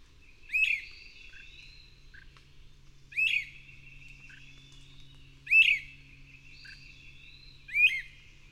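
Bird song: four bright chirped phrases with a steep rising sweep, repeated every two to three seconds, with quiet low notes and a faint whistle between.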